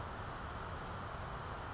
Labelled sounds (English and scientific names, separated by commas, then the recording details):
California Towhee (Melozone crissalis)
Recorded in Sonoma County, California